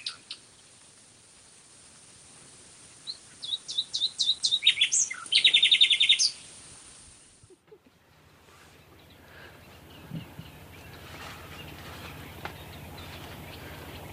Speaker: We're just listening to a nightingale